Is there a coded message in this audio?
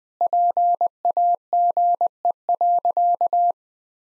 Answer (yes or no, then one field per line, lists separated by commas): yes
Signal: Morse code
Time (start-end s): 0.2-3.5 s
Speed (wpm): 20 wpm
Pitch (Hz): 700 Hz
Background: none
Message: PAGE.